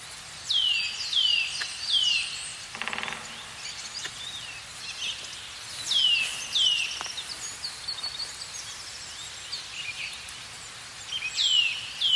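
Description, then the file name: Eurasian nuthatch calls: clear downslurred whistled notes, in short series, repeated throughout over a busy chorus of high chirping birds and one short buzzy burst. "Sitta europaea"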